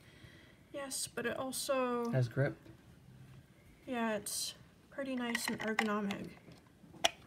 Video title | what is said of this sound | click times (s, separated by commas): Bespoke Post Unboxing November & December | it clicks into place | 7.1 s